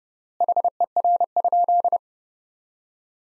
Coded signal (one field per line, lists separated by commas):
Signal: Morse code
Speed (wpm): 32 wpm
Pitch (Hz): 700 Hz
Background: none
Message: HER?